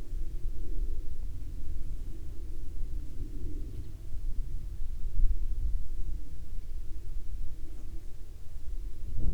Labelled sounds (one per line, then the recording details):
aircraft
insects
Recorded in the Arctic National Wildlife Refuge, Alaska, on 22 July 2019 at 11:54
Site 49